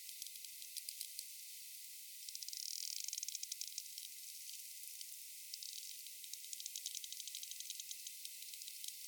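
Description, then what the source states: Sperm whale clicks, sharp and rapid, arriving in irregular bursts with a dense fast train near the middle, over a steady high hiss. Rapid click series.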